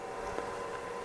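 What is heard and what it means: Under a steady equipment hum, one short, sharp click stands out at 0.4 s with nothing else competing. It sounds like a small plastic latch snapping home, so the connector is seated in its port.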